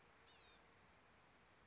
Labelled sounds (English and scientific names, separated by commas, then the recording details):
Blue-gray Gnatcatcher (Polioptila caerulea)
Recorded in Sonoma County, California